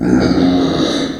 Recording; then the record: squeal of a Yucatan mini pig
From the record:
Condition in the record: before surgery on the right vocal fold (resection and tissue-engineered implant); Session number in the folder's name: 3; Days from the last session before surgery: 0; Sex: female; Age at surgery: 19 weeks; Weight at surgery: 25 kg